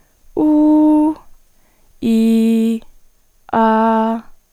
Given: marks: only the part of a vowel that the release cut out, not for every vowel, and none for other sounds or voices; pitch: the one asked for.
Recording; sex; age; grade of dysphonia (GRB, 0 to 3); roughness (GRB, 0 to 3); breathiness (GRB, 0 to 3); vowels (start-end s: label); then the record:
sustained vowels; female; 18 to 19 years; 0; 0; 0
0.46-1.05 s: vowel /u/, high pitch
2.15-2.73 s: vowel /i/, low pitch
3.59-4.11 s: vowel /a/, low pitch
From the record:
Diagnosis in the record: healthy voice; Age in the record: 19 years